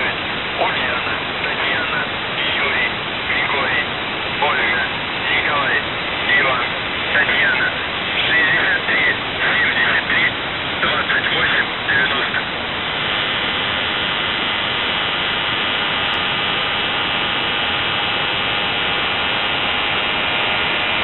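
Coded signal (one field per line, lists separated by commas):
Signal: numbers station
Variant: UVB-76, Russian voice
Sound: faint voice reading a message through heavy static, then a steady droning hum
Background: radio static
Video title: The Buzzer/UVB-76(4625Khz) April 29th, 2023 10:33UTC Voice message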